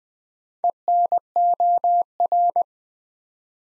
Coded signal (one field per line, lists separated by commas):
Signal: Morse code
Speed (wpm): 20 wpm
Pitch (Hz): 700 Hz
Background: none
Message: ENOR